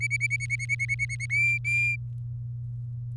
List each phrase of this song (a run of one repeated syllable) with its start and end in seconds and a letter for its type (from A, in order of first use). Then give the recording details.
0.01-1.26 A, 1.30-1.96 B. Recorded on 24 April 2018 at 06:05. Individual llb3